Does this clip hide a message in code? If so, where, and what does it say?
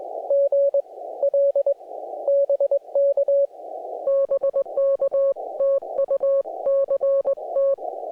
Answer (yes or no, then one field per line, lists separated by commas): yes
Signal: Morse code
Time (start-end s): 0.3-7.7 s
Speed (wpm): 20 wpm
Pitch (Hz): 560 Hz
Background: music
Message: GL BK BK TU CT